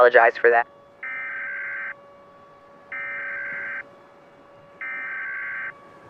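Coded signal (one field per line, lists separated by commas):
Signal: Emergency Alert System (SAME) tones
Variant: header bursts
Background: speech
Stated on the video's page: Fictional mega tsunami alert in simulated apocalyptic emergency radio ambience.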